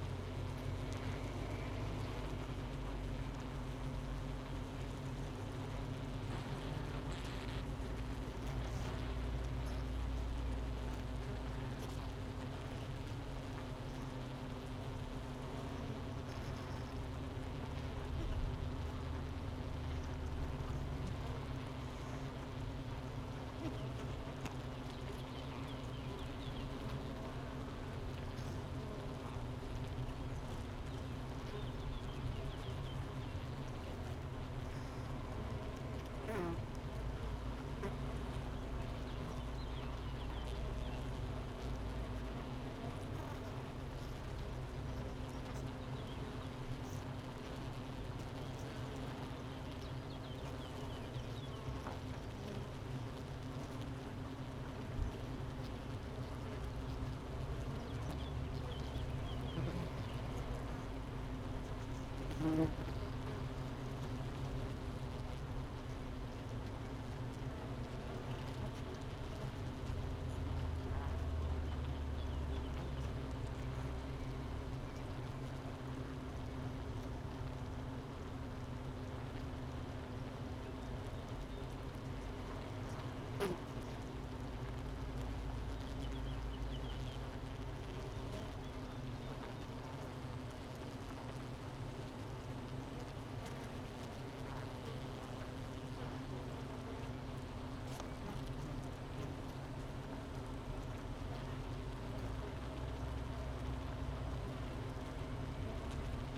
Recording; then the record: honeybee colony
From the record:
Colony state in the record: missing queen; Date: 31 May 2018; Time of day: 9:54